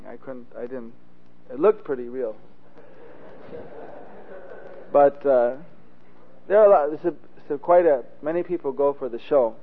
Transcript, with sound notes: I couldn’t, I didn’t It looked pretty real. (Laughter) But there are quite many people go for the show.